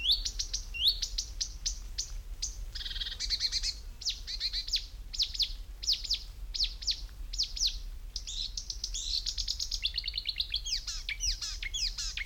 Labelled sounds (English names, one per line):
Marsh Warbler